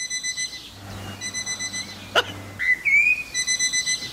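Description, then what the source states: Eurasian blackbird mimicking an alarm clock: quick bursts of pulsed, ringing beeps, a sharp click, a rising whistled note, then the beeping resumes. Blackbird imitating an alarm clock.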